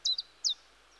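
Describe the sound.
Common chiffchaff song: three short, high, downward-slurred notes in quick succession.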